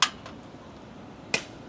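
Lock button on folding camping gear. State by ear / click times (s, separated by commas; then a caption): seated / 0.0 s, 1.3 s. A lock/unlock button on folding camping gear is pressed after the part is fitted so it locks, and the gear is then closed. Sharp clicks sound at 0.0 s and 1.3 s, with a fainter tap at 0.3 s in between. The lock button clicks into place.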